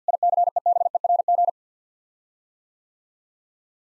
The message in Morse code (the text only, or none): ICEBERG